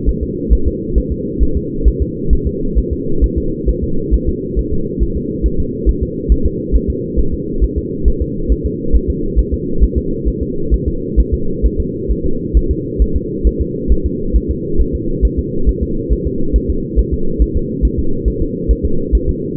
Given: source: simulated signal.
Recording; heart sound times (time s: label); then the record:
fetal heart sounds
0.09 s: S1
0.23 s: S2
0.53 s: S1
0.68 s: S2
0.98 s: S1
1.12 s: S2
1.43 s: S1
1.57 s: S2
1.88 s: S1
2.02 s: S2
2.33 s: S1
2.47 s: S2
2.79 s: S1
2.93 s: S2
3.24 s: S1
3.38 s: S2
3.69 s: S1
3.84 s: S2
4.14 s: S1
4.29 s: S2
4.59 s: S1
4.73 s: S2
5.03 s: S1
5.17 s: S2
5.46 s: S1
5.60 s: S2
5.89 s: S1
6.03 s: S2
6.32 s: S1
6.46 s: S2
6.76 s: S1
6.90 s: S2
7.19 s: S1
7.34 s: S2
7.64 s: S1
7.78 s: S2
8.08 s: S1
8.22 s: S2
8.52 s: S1
8.66 s: S2
8.96 s: S1
9.10 s: S2
9.39 s: S1
9.54 s: S2
9.83 s: S1
9.98 s: S2
10.28 s: S1
10.43 s: S2
10.74 s: S1
10.88 s: S2
11.20 s: S1
11.34 s: S2
11.66 s: S1
11.80 s: S2
12.12 s: S1
12.26 s: S2
12.57 s: S1
12.71 s: S2
13.02 s: S1
13.16 s: S2
13.47 s: S1
13.61 s: S2
13.92 s: S1
14.06 s: S2
14.36 s: S1
14.51 s: S2
14.81 s: S1
14.95 s: S2
15.25 s: S1
15.39 s: S2
15.69 s: S1
15.83 s: S2
16.13 s: S1
16.27 s: S2
16.56 s: S1
16.70 s: S2
16.99 s: S1
17.14 s: S2
17.42 s: S1
17.56 s: S2
17.85 s: S1
17.99 s: S2
18.28 s: S1
18.42 s: S2
18.71 s: S1
18.85 s: S2
19.15 s: S1
19.29 s: S2
From the record:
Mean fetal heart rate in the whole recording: 135 bpm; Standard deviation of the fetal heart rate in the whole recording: 3 bpm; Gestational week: 34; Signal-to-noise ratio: -8.1 dB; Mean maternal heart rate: 72 bpm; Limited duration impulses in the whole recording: absent